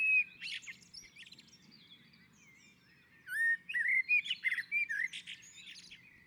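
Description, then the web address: Common blackbird song: a loud opening note, quieter high twittering, then a burst of rich, rapid fluting notes. Singing on a roof. "Naturinspelningar Koltrast på taket"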